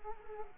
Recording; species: mosquito wingbeat signal from an infrared sensor; Culex quinquefasciatus